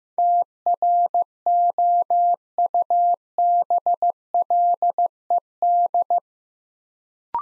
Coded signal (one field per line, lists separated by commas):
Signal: Morse code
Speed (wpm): 15 wpm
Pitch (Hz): 700 Hz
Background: none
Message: TROUBLED